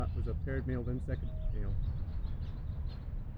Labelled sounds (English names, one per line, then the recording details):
House Finch song
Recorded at Lynbrook on Long Island, New York, on 17 June 1975
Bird E